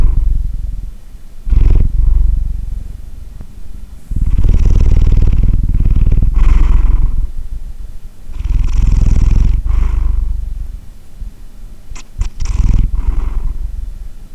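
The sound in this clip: Cat purring in deep, rumbling bouts lasting a few seconds each, with louder swells, breathy pauses between them and a couple of short clicks near the end.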